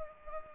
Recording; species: mosquito wingbeat signal from an infrared sensor; Culex pipiens